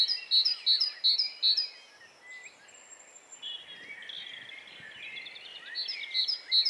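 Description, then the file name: Great tit calls: a run of four sharp, high notes evenly spaced in the first second and a half, then softer chattering notes, and another loud pair at the end. "Parus major"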